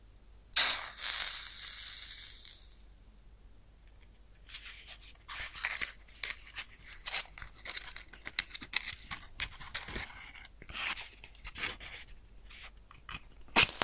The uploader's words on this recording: ASMR Close Up Matching LightingExtinguishing Fire Crackles & Sizzles (No Talking).